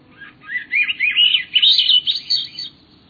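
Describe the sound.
Swainson's Thrush song, a flute-like phrase of breathy notes spiralling upward in pitch over about two seconds, clear against a quiet background.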